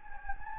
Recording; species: mosquito wingbeat signal from an infrared sensor; Anopheles gambiae